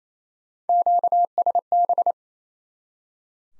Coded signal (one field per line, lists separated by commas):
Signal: Morse code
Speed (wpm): 28 wpm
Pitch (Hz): 700 Hz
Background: none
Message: QSB